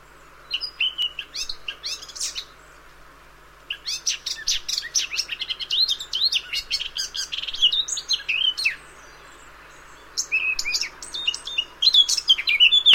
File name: Sylvia atricapilla